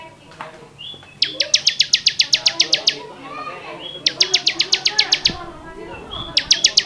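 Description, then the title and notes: Bar-winged prinia song, rapid trains of sharp repeated notes lasting over a second, recurring roughly every three seconds, short whistles between, with other birds calling softly behind. Used for training cage birds. "Suara Ciblek Semi. Kicauan Bermacam macam Burung Masteran"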